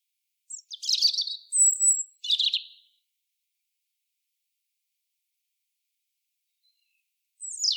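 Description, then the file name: European robin giving short high song fragments: a squeaky note, a buzzy burst, a thin whistle and another rasping burst, then a long silence and a descending squeak. "Erithacus rubecula"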